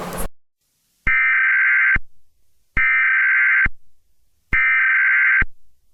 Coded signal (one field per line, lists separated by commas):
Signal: Emergency Alert System (SAME) tones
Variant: header bursts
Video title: EAS Scenario: The Super Hurricane Alberto